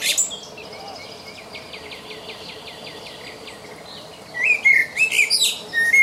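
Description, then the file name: Common blackbird fluty warble with a squeaky twitter near the end, preceded by a fainter rapid series of repeated thin notes. "Turdus merula"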